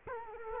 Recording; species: mosquito wingbeat signal from an infrared sensor; Culex quinquefasciatus